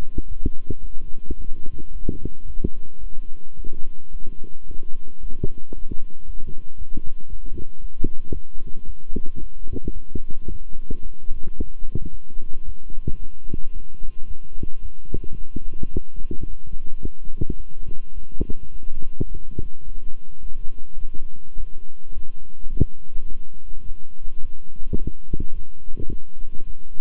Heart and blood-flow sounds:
heart sounds by stethoscope; between the tricuspid and mitral areas; 109 bpm
0.26 s: heartbeat
0.80 s: heartbeat
1.36 s: heartbeat
1.91 s: heartbeat
2.45 s: heartbeat
2.98 s: heartbeat
3.55 s: heartbeat
4.11 s: heartbeat
4.66 s: heartbeat
5.20 s: heartbeat
5.73 s: heartbeat
6.25 s: heartbeat
6.77 s: heartbeat
7.28 s: heartbeat
7.80 s: heartbeat
8.32 s: heartbeat
8.85 s: heartbeat
9.39 s: heartbeat
9.92 s: heartbeat
10.47 s: heartbeat
11.02 s: heartbeat
11.56 s: heartbeat
12.10 s: heartbeat
12.64 s: heartbeat
13.18 s: heartbeat
13.72 s: heartbeat
14.26 s: heartbeat
14.81 s: heartbeat
15.36 s: heartbeat
15.91 s: heartbeat
16.46 s: heartbeat
17.00 s: heartbeat
17.56 s: heartbeat
18.13 s: heartbeat
18.70 s: heartbeat
19.27 s: heartbeat
19.84 s: heartbeat
20.41 s: heartbeat
20.98 s: heartbeat
21.56 s: heartbeat
22.13 s: heartbeat
22.71 s: heartbeat
23.28 s: heartbeat
23.84 s: heartbeat
24.40 s: heartbeat
24.97 s: heartbeat
25.53 s: heartbeat
26.09 s: heartbeat
26.65 s: heartbeat
From the record:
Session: walking at 3.7 km/h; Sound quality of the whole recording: good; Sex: male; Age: 26 years

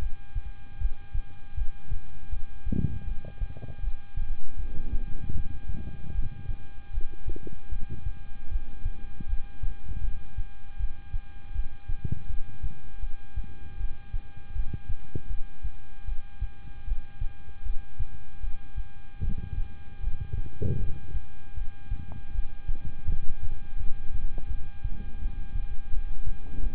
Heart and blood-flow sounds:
heart sounds by stethoscope; between the tricuspid and mitral areas; 79 bpm
0.78 s: heartbeat
1.55 s: heartbeat
2.30 s: heartbeat
3.05 s: heartbeat
3.81 s: heartbeat
4.56 s: heartbeat
5.32 s: heartbeat
6.12 s: heartbeat
6.91 s: heartbeat
7.69 s: heartbeat
8.49 s: heartbeat
9.26 s: heartbeat
10.01 s: heartbeat
10.77 s: heartbeat
11.53 s: heartbeat
12.27 s: heartbeat
13.00 s: heartbeat
13.77 s: heartbeat
14.53 s: heartbeat
15.28 s: heartbeat
16.05 s: heartbeat
16.85 s: heartbeat
17.63 s: heartbeat
18.41 s: heartbeat
19.21 s: heartbeat
20.00 s: heartbeat
20.77 s: heartbeat
21.54 s: heartbeat
22.32 s: heartbeat
23.06 s: heartbeat
23.77 s: heartbeat
24.48 s: heartbeat
25.19 s: heartbeat
25.90 s: heartbeat
26.60 s: heartbeat
From the record:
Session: rest, lying down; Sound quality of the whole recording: good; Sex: male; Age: 26 years

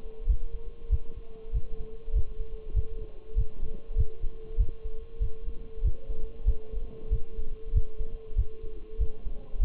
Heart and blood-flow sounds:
heart sounds by stethoscope; between the tricuspid and mitral areas; 97 bpm
0.28 s: heartbeat
0.91 s: heartbeat
1.54 s: heartbeat
2.15 s: heartbeat
2.76 s: heartbeat
3.37 s: heartbeat
3.98 s: heartbeat
4.59 s: heartbeat
5.21 s: heartbeat
5.84 s: heartbeat
6.47 s: heartbeat
7.12 s: heartbeat
7.75 s: heartbeat
8.38 s: heartbeat
9.00 s: heartbeat
9.61 s: heartbeat
From the record:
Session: Bruce protocol treadmill stress test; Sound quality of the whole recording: partially saturated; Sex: male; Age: 23 years

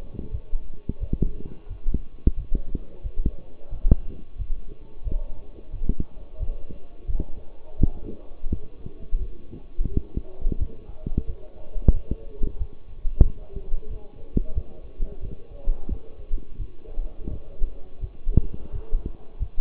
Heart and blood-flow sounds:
heart sounds by stethoscope; between the tricuspid and mitral areas; 88 bpm
0.31 s: heartbeat
1.00 s: heartbeat
1.68 s: heartbeat
2.36 s: heartbeat
3.03 s: heartbeat
3.70 s: heartbeat
4.38 s: heartbeat
5.04 s: heartbeat
5.72 s: heartbeat
6.39 s: heartbeat
7.06 s: heartbeat
7.78 s: heartbeat
8.50 s: heartbeat
9.19 s: heartbeat
9.90 s: heartbeat
10.58 s: heartbeat
11.26 s: heartbeat
11.92 s: heartbeat
12.58 s: heartbeat
13.23 s: heartbeat
13.89 s: heartbeat
14.54 s: heartbeat
15.21 s: heartbeat
15.89 s: heartbeat
16.58 s: heartbeat
17.29 s: heartbeat
18.00 s: heartbeat
18.72 s: heartbeat
19.39 s: heartbeat
From the record:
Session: walking at 3.7 km/h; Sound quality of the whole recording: partially saturated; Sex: male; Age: 24 years

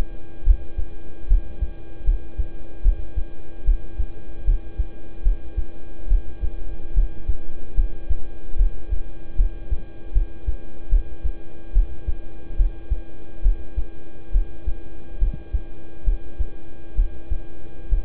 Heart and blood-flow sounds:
heart sounds by stethoscope; between the tricuspid and mitral areas; 72 bpm
0.44 s: heartbeat
1.28 s: heartbeat
2.04 s: heartbeat
2.82 s: heartbeat
3.65 s: heartbeat
4.45 s: heartbeat
5.23 s: heartbeat
6.08 s: heartbeat
6.94 s: heartbeat
7.75 s: heartbeat
8.56 s: heartbeat
9.36 s: heartbeat
10.13 s: heartbeat
10.89 s: heartbeat
11.73 s: heartbeat
12.56 s: heartbeat
13.42 s: heartbeat
14.32 s: heartbeat
15.19 s: heartbeat
16.04 s: heartbeat
16.95 s: heartbeat
17.89 s: heartbeat
From the record:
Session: rest, lying down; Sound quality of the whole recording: good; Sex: male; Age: 26 years

